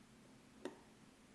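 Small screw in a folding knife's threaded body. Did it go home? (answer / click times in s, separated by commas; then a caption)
yes / 0.7 s. A small Torx screw is turned backwards in the threaded body of a ZT 0609 folding knife until its thread start drops into place with a single small click at 0.7 s, so it seats without cross-threading. Before and after the click there is only a faint, steady background hum.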